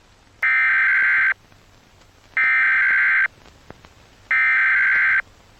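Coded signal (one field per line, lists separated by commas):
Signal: Emergency Alert System (SAME) tones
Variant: header bursts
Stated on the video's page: Fictional EAS scenario tones.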